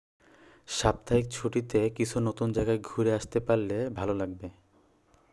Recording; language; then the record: elicited speech; Bengali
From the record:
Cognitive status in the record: cognitively healthy